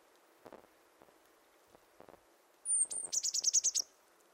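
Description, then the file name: Eurasian blue tit: a few soft low knocks, then a high thin note running into a short, rapid trill of bright ticking notes. "Cyanistes caeruleus"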